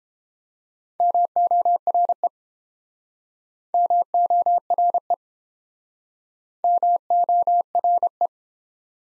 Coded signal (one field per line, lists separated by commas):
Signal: Morse code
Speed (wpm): 31 wpm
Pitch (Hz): 700 Hz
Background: none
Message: MORE MORE MORE